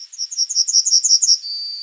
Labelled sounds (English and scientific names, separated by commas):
Yellowhammer (Emberiza citrinella) song